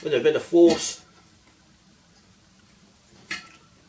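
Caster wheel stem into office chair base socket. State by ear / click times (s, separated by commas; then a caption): seated / 3.3 s. Someone talks for the first second, then a caster wheel's stem is pushed with some force into its socket in the base of an Arozzi Verona XL+ gaming chair. After a quiet stretch, a single sharp click at 3.3 s marks the wheel seating and staying in place.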